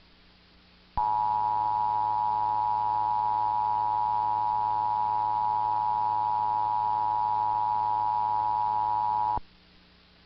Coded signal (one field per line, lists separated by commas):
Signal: Emergency Alert System (SAME) tones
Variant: 853 and 960 Hz attention tone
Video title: Eas Alerts remain effect until 11/9/11